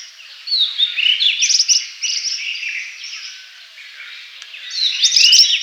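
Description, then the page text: Rosy Minivet calls: thin, sliding high notes and brief trills in loose bursts, a quieter lull midway, then a louder flurry of chirps at the end. "Rosy Minivet Calls. Quick Sounds"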